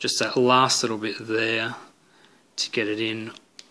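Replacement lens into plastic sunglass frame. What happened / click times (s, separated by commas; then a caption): Handled, not yet seated: the lens is being pushed but has not snapped into the frame / none. Someone talks while a second replacement lens for Ray-Ban 4062 sunglasses is pushed into the plastic frame from the tail side and then given a final small push at the nose side. Nothing has seated or clicked yet.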